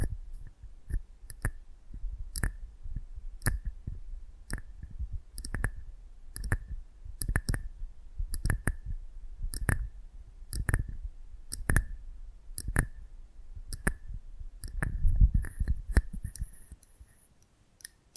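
ASMR close-up mic treatment made of sharp clicks and soft low thumps, arriving roughly twice a second in an uneven but steady pattern. Between the clicks it is quiet, with a brief faint hiss and busier handling sounds near the end.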